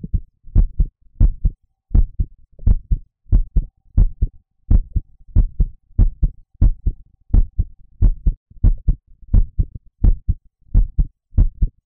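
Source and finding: Adult heart, close-miked (roleplay ASMR). Normal heartbeat.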